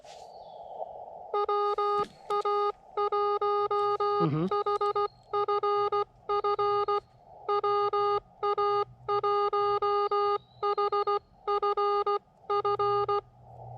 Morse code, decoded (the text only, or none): WA1HFF WA1HFF